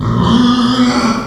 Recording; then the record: squeal of a Yucatan mini pig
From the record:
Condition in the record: after surgery on the right vocal fold (resection and tissue-engineered implant); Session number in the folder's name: 16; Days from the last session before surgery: 183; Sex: female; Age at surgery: 19 weeks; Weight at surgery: 25 kg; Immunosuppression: prednisolone